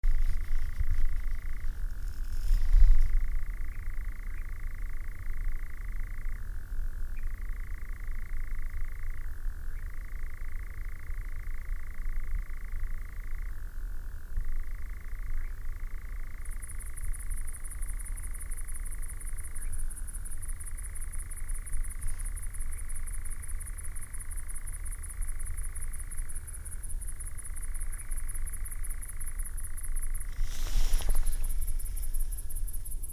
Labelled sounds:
Eurasian Nightjar
Great Green Bush-cricket
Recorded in the wild
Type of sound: song, call
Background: Tettigonia viridissima
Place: Schönow, Naturpark Barnim, Brandenburg, DE
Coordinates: 52.6897, 13.5131
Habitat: heathland
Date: 2007-07-08 22:40
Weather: heiter, 13°C, fast windstill
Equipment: Sound Devices 702, Sennheiser MKH 416 T, Windkorb
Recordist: Frommolt, Karl-Heinz
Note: Zentraler Teil des Naturschuztgebietes Schönower Heide: Schnärren und Flugrufe noch relativ weit entfernt

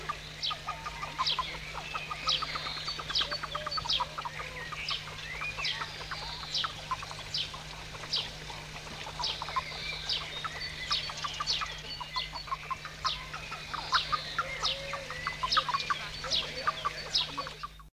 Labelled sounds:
Ruddy-headed Goose call
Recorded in captivity
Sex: pair
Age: adult
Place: Vogelpark Walsrode, Niedersachsen, DE
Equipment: Halbspur, 9,5 cm/s
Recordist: Lütgens, Hans
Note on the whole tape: Paar in balzartiger Stimmung

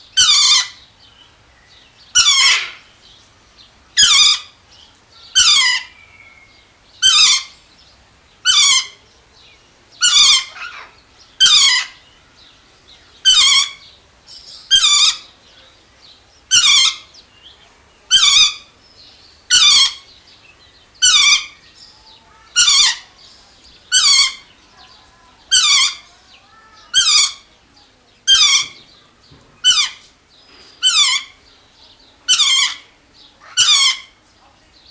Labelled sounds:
Lord Derby's Parakeet call
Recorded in captivity
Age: adult
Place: Zoo Berlin, Berlin, DE
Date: 1999-08-23 15:27
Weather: wolkig, ca. 17-18°C
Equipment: Sony WM-D6C, Sennheiser ME 80, Kopie Uher 4000 Report Monitor
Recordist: Tembrock, Günter

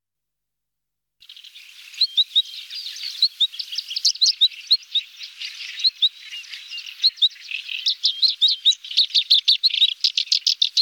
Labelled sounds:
Black-browed Reed Warbler song
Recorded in the wild
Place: Bolschoj Ussurijskij Ostrov, Bolshoi Ussuriysky Island, RU
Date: 1994-05-27
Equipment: Dat-Recorder Casio DA 7, Telinga DAT, Telinga-Parabolspiegel
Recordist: Schwarz, Dieter

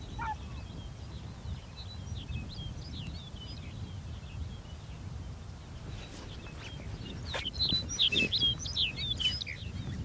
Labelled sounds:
Arctic Fox
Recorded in the wild
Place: Insel Mednyi, Kommandeur-Inseln, RU
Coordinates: 54.5167, 168.083
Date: 1999-07-08
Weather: klare Sicht, 5°C, fast windstill im Tal
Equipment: Sony WM-D6C, Sennheiser MKH 70, Windkorb, Kopie Tascam DA 30
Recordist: Frommolt, Karl-Heinz

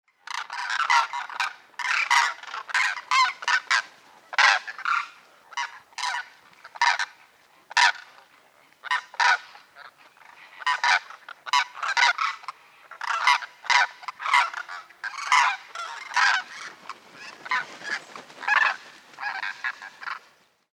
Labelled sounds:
Demoiselle Crane
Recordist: Tembrock, Günter
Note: Flugrufe

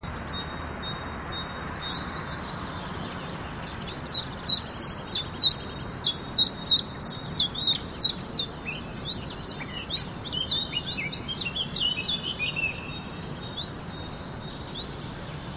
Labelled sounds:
Common Chiffchaff
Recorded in the wild
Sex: male
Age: adult
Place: Schönow, Naturpark Barnim, Brandenburg, DE
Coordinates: 52.6786, 13.5106
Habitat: wetland
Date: 2010-04-18
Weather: fair, 10°C, no wind
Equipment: Sound Devices 702, Sennheiser MKH 70, Rycote Windschutz
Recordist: Frommolt, Karl-Heinz

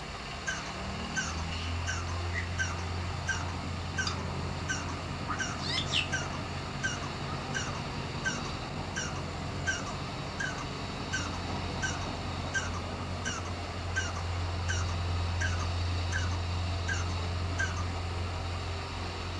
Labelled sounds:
Red-and-yellow Barbet call
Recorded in captivity
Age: adult
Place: Zoo Berlin, Berlin, DE
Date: 1997-08-19 12:54
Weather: fair, 26-28°C
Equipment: Marantz CP 130, Mikro CE, Kopie Uher 4000 Report Monitor
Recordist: Tembrock, Günter

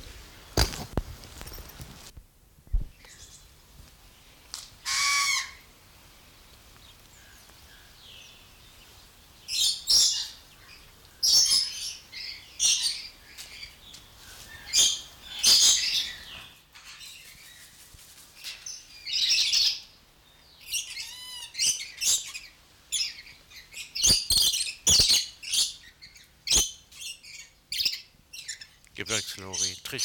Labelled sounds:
Coconut Lorikeet
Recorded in captivity
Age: adult
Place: Zoo Berlin, Berlin, DE
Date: 1993-08-28 10:17
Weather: 12-15°C, heiter
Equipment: Marantz CP 430, Sennheiser MKH 416 T, Kopie Uher Variocord 263
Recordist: Tembrock, Günter

